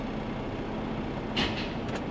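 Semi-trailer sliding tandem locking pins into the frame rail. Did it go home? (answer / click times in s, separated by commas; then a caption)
yes / 1.4 s. A tractor eases forward with the trailer brake set so the semi-trailer's sliding tandem locking pins drop into the holes in the frame rail, over a steady low vehicle rumble. A short metallic click is heard at 1.4 s, followed by faint knocks near 1.9–2.0 s. The pins seat and click into place, and both are then checked as engaged.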